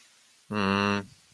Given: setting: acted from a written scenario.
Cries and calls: vocal sound without words; shame

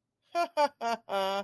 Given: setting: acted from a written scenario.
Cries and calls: vocal sound without words; amusement

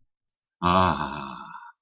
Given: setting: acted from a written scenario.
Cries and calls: vocal sound without words; ecstasy

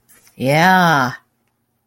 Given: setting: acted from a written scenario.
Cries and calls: vocal sound without words; desire

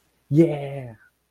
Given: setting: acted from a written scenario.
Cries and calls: vocal sound without words; realization

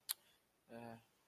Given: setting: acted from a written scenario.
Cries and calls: vocal sound without words; shame

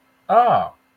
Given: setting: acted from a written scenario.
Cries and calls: vocal sound without words; interest

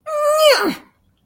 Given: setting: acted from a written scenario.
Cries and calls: vocal sound without words; triumph

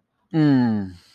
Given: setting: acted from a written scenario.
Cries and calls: vocal sound without words; contentment

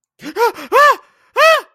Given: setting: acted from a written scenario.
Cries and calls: vocal sound without words; fear

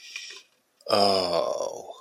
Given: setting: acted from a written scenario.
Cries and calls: vocal sound without words; ecstasy

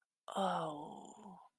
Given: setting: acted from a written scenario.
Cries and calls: vocal sound without words; embarrassment

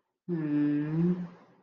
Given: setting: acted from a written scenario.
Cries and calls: vocal sound without words; serenity

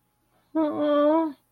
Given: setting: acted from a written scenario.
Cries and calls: vocal sound without words; guilt

